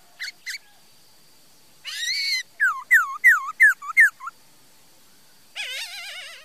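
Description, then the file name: Laughingthrush song: two sharp notes, a harsh burst, five loud slurred whistles in a rapid series, then a wavering warbled phrase. "Tieng khuou hot"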